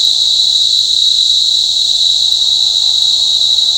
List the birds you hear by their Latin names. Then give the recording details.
none. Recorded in shrubland near Pivijay, Magdalena, Colombia, on 18 April 2023 at 07:30. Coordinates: 10.453, -74.365. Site P5-G022